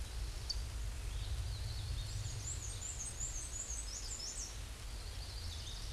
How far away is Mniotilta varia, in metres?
about 25 m